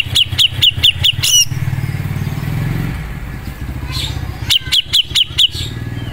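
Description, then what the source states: Grey-cheeked bulbul song: short series of crisp, high chirps at a steady pace, broken by an engine-like rumble, then resuming. Masteran recording, a song track used to tutor other birds.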